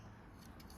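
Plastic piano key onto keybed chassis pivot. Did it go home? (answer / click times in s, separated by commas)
no / none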